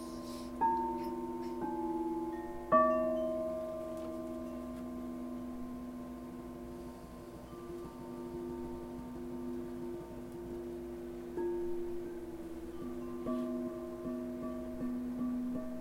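Crystal bowls ring in long sustained tones, with soft strikes near the start at about one, two and three seconds, each leaving a bright shimmer that slowly fades. The low pitches hum on steadily, while higher notes come and go, entering again around eleven and thirteen seconds.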